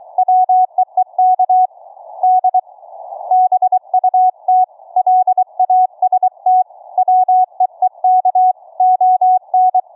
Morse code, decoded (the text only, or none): WEEK D BUT LAST WEEK ON